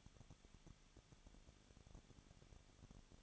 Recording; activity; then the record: daily activity, microphone in the room; no activity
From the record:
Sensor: 4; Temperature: 23.0 degrees Celsius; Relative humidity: 34.3%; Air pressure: 1007.2 hPa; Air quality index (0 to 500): 217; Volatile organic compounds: 15 ppm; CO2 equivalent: 2518 ppm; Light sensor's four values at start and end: 2/3/1/1 and 2/3/1/1